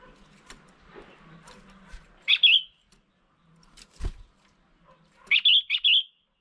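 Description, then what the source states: Red-whiskered bulbul giving a bright whistled call, then a quick run of several lilting notes a few seconds later, with a soft thump between them. Female.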